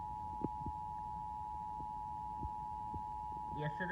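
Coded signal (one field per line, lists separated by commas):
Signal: Emergency Alert System (SAME) tones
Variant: 853 and 960 Hz attention tone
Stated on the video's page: Fictional EAS scenario.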